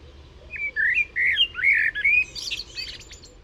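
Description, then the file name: Common blackbird: a string of clear, looping whistles in quick succession, closing with a high, rattling twitter. "Turdus merula"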